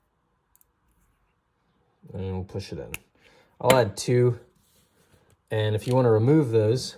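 A second small metal balance sphere is pressed into the handle nook of a Zippy Cycloid LC butterfly knife (old style spacer, pre-July 2025) and seats with two quick, faint clicks at 0.5 and 0.6 s. Someone then talks, and a soft tick follows around 5.3 s.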